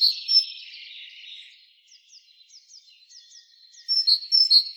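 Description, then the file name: Great tit giving a few bright two-note phrases near the end, after twittering and a series of short, falling, high notes. "Parus major"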